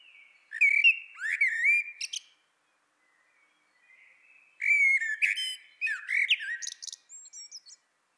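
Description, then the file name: Eurasian blackbird singing two clear phrases: rich fluted whistles sliding up and down, each closing with thin high-pitched chirps, with a quiet pause between phrases. "Turdus merula"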